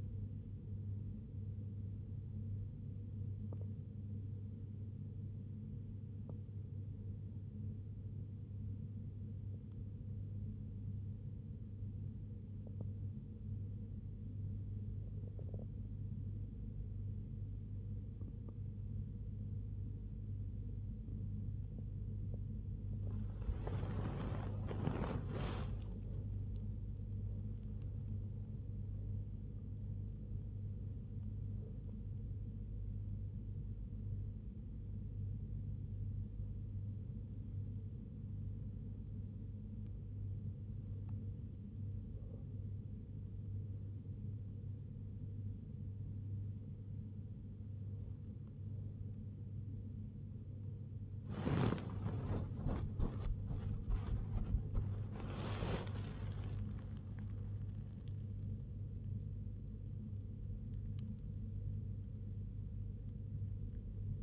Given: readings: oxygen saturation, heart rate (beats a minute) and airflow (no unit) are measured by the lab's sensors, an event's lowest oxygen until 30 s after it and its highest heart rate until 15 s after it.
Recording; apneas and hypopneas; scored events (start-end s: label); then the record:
breathing in sleep by a smartphone at the bedside; 1
39.00-54.80 s: hypopnea (N1, oxygen 94% highest, then 94% lowest, heart rate 65 at the start, 81 highest)
From the record:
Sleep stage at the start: N1 (lightest sleep); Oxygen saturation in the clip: 94%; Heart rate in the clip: 65 to 82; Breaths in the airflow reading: 19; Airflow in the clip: -0.9 to 1.3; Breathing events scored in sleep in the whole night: 101 in 7.3 hours asleep